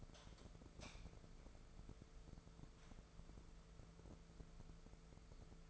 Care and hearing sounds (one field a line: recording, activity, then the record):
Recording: daily activity, microphone in the room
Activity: light off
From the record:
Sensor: 5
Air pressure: 1014.6 hPa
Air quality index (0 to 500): 150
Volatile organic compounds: 4 ppm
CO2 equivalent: 1654 ppm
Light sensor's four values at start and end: 132/320/132/142 and 136/328/136/146